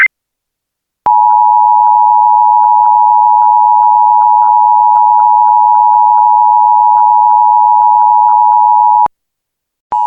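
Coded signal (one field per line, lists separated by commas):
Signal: Emergency Alert System (SAME) tones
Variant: 853 and 960 Hz attention tone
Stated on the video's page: Statewide Blue Alert for Tennessee received on NOAA Weather Radio.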